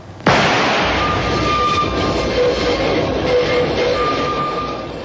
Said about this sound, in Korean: 지하철 안.